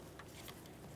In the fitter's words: we'll slide this into place listen for our click